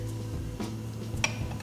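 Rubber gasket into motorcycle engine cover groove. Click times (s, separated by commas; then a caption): 1.2 s. A rubber gasket is lined up on the two locating dowels of a motorcycle engine cover and pressed into the cover's groove. Over a low steady hum, a soft bump comes at 0.6 s, then a sharp snap at 1.2 s as the gasket seats in place.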